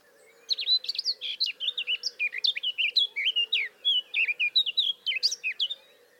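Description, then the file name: Eurasian blackcap delivering a sustained, rapid warble of short fluty and twittering notes that rise and fall, above a low steady hum. "Sylvia atricapilla"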